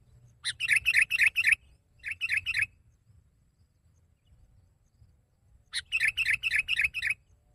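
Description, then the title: Sooty-headed bulbul giving three bursts of quick, ringing chirps, each of four to seven notes, separated by quiet gaps, over a faint low hum. "kutilang"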